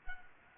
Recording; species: mosquito wingbeat signal from an infrared sensor; Anopheles arabiensis